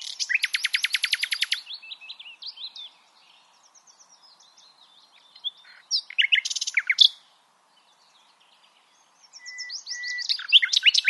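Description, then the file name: Common nightingale song with a fast rattling trill, varied chirps, a quiet pause, then a sharp burst and more rapid notes. "Luscinia megarhynchos"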